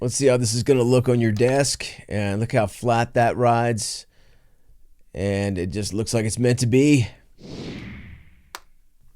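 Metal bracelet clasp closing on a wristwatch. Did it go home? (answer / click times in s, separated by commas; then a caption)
yes / 8.6 s. Someone talks about a Casio ABL-100WE retro Bluetooth watch resting flat on a desk, and then a soft rustling follows. At 8.6 s, the adjustable fold-over clasp on the watch's metal Jubilee bracelet closes with a single short, sharp snap and seats in place before the watch goes on the wrist.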